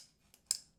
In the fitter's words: it just locks in place just time it properly and you're GNA have this very